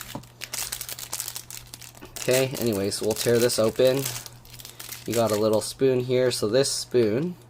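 A packet of Otoki rice porridge with abalone crinkles and crackles with sharp bursts between 0.4 and 1.2 seconds as it is handled and torn open, and then someone talks. A small plastic folding spoon from the porridge pack is brought out, but its hinge has not yet locked into its open position and nothing has clicked.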